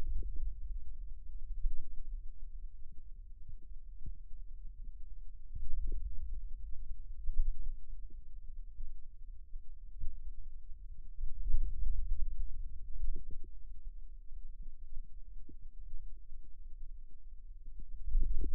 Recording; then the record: forearm muscle sounds (acoustic myography)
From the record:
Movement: radial deviation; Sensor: system 2, bracelet of six BSWA MPA416 microphones around the upper forearm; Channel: 6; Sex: male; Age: 22 years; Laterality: right